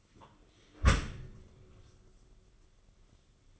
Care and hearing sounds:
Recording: daily activity, microphone in the room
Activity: close dishwasher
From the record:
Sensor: 4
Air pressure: 995.3 hPa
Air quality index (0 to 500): 212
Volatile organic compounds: 238 ppm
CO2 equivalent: 4330 ppm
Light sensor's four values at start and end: 38/117/44/49 and 37/116/44/49

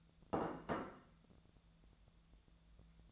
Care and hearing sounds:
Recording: daily activity, microphone in the room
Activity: place plate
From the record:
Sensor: 3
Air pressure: 1000.2 hPa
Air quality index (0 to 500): 138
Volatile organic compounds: 2 ppm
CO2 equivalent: 1231 ppm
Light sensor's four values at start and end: 35/89/38/41 and 36/89/38/41

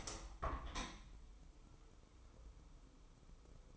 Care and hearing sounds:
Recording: daily activity, microphone in the room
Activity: open window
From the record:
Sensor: 1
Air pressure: 1015.0 hPa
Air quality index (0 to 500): 26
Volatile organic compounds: 1 ppm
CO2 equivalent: 508 ppm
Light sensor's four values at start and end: 10/25/10/11 and 11/27/11/12

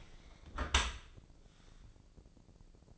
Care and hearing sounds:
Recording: daily activity, microphone in the room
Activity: close dishwasher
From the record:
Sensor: 5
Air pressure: 1012.4 hPa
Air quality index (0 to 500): 165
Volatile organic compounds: 2 ppm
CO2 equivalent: 1117 ppm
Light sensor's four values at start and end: 132/316/135/151 and 133/318/136/153

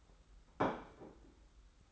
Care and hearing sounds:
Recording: daily activity, microphone in the room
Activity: place plate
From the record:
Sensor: 3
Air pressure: 991.7 hPa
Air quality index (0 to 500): 179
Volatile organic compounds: 1000 ppm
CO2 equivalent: 5993 ppm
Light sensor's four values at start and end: 34/100/41/35 and 32/96/39/34

